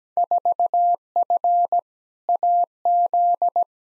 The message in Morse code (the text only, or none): 4F AZ